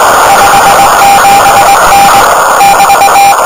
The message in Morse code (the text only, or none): 57N <BT>